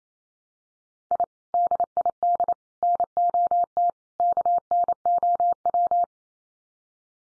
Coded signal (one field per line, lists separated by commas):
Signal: Morse code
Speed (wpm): 28 wpm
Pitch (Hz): 700 Hz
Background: none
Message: I DID NOT KNOW